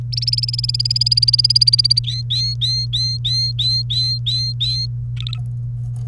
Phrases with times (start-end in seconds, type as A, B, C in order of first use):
0.12-1.99 A, 2.04-4.86 B, 5.17-5.38 C